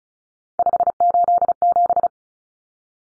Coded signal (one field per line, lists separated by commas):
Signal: Morse code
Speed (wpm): 34 wpm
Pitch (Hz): 700 Hz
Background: none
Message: 587